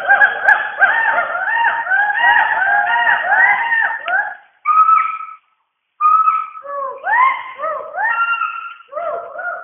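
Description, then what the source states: Hoolock gibbon chorus: dense overlapping swooping hoots for four seconds, a short silence, then separate rising whoops and level hoots resume. Mizoram, India.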